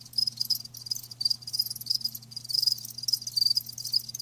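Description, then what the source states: Cricket chirps in rapid high-pitched pulses, several insects overlapping in a dense rhythmic chorus over a faint hum. Live crickets chirping, a lulling song.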